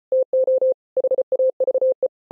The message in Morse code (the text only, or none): TO HAVE